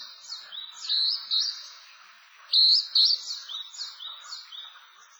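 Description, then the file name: Rufous hawk-cuckoo calling: shrill, high two-part notes stepping down in pitch, given in quick bursts. Recorded on 2009-05-27 at Shioya. "juichi 090527 shioya hirano"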